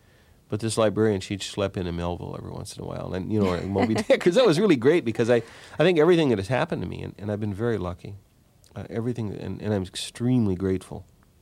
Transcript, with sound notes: But this librarian, she'd slip in a Melville every once in a while and, you know...
(Laughter).
Or Moby Dick 'cause it was really great because I think everything that has happened to me - and I've been very lucky - everything - and I'm extremely grateful.